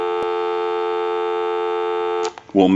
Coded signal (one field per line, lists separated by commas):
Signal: telephone call progress tone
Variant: North America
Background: speech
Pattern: dial tone